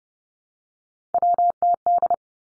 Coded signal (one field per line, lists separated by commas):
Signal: Morse code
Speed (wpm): 30 wpm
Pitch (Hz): 700 Hz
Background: none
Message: WTD